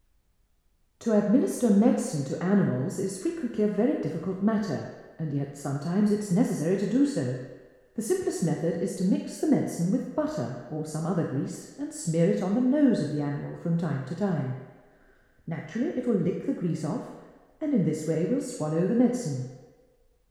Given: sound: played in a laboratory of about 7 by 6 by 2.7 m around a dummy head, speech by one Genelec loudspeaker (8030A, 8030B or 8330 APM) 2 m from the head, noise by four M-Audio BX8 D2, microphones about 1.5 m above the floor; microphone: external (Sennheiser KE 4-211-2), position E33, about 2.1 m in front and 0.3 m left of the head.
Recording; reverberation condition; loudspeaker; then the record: female speech in English; high; in front (0 degrees)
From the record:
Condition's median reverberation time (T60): about 1300 ms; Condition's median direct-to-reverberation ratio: about -4.0 dB